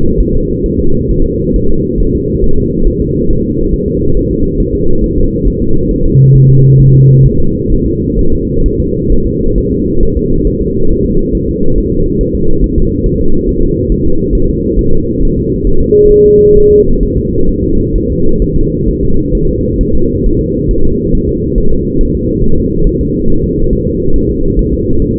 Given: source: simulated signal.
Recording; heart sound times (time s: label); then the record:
fetal heart sounds
0.20 s: S1
0.35 s: S2
0.66 s: S1
0.80 s: S2
1.11 s: S1
1.26 s: S2
1.56 s: S1
1.71 s: S2
2.00 s: S1
2.15 s: S2
2.44 s: S1
2.58 s: S2
2.87 s: S1
3.02 s: S2
3.30 s: S1
3.45 s: S2
3.73 s: S1
3.88 s: S2
4.17 s: S1
4.31 s: S2
4.60 s: S1
4.75 s: S2
5.04 s: S1
5.18 s: S2
5.47 s: S1
5.62 s: S2
5.91 s: S1
6.06 s: S2
6.35 s: S1
6.50 s: S2
6.80 s: S1
6.95 s: S2
7.26 s: S1
7.40 s: S2
7.72 s: S1
7.87 s: S2
8.19 s: S1
8.33 s: S2
8.66 s: S1
8.80 s: S2
9.12 s: S1
9.27 s: S2
9.58 s: S1
9.72 s: S2
10.03 s: S1
10.17 s: S2
10.47 s: S1
10.62 s: S2
10.91 s: S1
11.06 s: S2
11.35 s: S1
11.49 s: S2
11.78 s: S1
11.92 s: S2
12.21 s: S1
12.35 s: S2
12.64 s: S1
12.78 s: S2
13.06 s: S1
13.21 s: S2
13.49 s: S1
13.63 s: S2
13.92 s: S1
14.06 s: S2
14.35 s: S1
14.50 s: S2
14.79 s: S1
14.93 s: S2
15.23 s: S1
15.37 s: S2
15.67 s: S1
15.81 s: S2
16.12 s: S1
16.26 s: S2
16.57 s: S1
16.72 s: S2
17.03 s: S1
17.17 s: S2
17.49 s: S1
17.64 s: S2
17.96 s: S1
18.10 s: S2
18.42 s: S1
18.56 s: S2
18.88 s: S1
19.03 s: S2
19.35 s: S1
19.49 s: S2
19.81 s: S1
19.95 s: S2
20.26 s: S1
20.41 s: S2
20.71 s: S1
20.85 s: S2
21.15 s: S1
21.29 s: S2
21.58 s: S1
21.72 s: S2
22.01 s: S1
22.15 s: S2
22.44 s: S1
22.58 s: S2
22.87 s: S1
23.01 s: S2
23.30 s: S1
23.44 s: S2
23.73 s: S1
23.88 s: S2
24.16 s: S1
24.31 s: S2
24.59 s: S1
24.73 s: S2
25.02 s: S1
25.16 s: S2
From the record:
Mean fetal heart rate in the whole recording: 135 bpm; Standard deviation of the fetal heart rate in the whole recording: 3 bpm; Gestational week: 36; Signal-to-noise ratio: -19.1 dB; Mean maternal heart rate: 72 bpm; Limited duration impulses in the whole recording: present